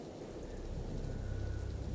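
Steady rain hisses across the whole stretch while a deep, low thunder rumble swells up beneath it in the second half, growing louder and rolling on without a break.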